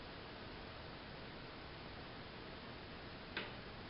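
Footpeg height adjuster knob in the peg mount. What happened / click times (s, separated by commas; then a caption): Adjuster knob clicks free / 3.4 s. A knurled knob on the end of a Big Gripper footpeg's height adjustment screw, in the peg mount, is loosened about three or four turns until it clicks free against steady background hiss. A single short, sharp click sounds at 3.4 seconds. The knob is released, so the peg can be pulled out against spring pressure and repositioned.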